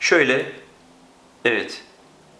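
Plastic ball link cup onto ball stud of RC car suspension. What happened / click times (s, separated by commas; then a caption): The small plastic link is handled but has not snapped onto its ball yet / none. A plastic RC ball link cup is being handled with ball link pliers, positioned to press onto the metal ball stud of an RC car suspension. Someone talks in two short bursts, with quiet background between them. Nothing has seated or clicked yet.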